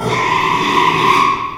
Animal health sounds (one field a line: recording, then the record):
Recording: squeal of a Yucatan mini pig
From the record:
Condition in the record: after surgery on the right vocal fold (resection and tissue-engineered implant)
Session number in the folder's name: 1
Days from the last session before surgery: 6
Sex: male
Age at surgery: 12 weeks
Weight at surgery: 13 kg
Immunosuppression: cyclosporine, prednisolone